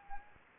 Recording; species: mosquito wingbeat signal from an infrared sensor; Anopheles gambiae